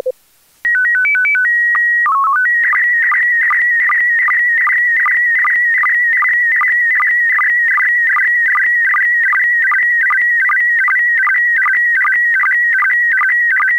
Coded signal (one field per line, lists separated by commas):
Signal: SSTV (slow-scan television)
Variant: PD 50